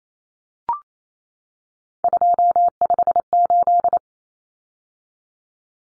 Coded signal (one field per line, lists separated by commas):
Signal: Morse code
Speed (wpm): 28 wpm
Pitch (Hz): 700 Hz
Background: none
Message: 258